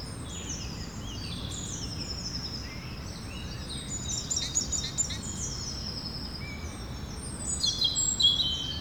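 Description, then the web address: A bird chorus of overlapping thin whistles and rapid chirping trills, growing busier midway and toward the end, above a continuous low rumble. Birds recorded in the evening. "Birds, Insects Animals Birds evening"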